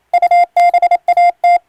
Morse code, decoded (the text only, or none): UBAT